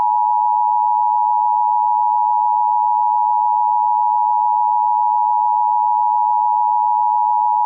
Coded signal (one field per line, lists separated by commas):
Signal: Emergency Alert System (SAME) tones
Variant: 853 and 960 Hz attention tone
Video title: EAS Classic: The EAS Interrupts Microsoft Sam Reads Computer Errors Part 3 (Original Re-Edit)